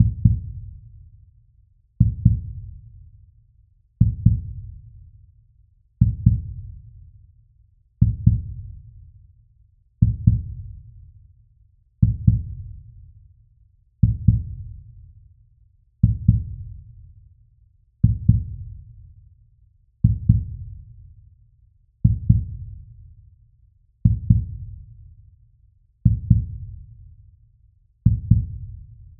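Slow, evenly spaced low thumps, each a close pair with a long booming fade, about 30 beats a minute with a steady rhythm: a steady heartbeat.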